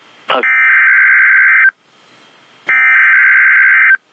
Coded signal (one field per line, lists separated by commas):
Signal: Emergency Alert System (SAME) tones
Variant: header bursts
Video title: Severe thunderstorm Warning On NOAA Weather Radio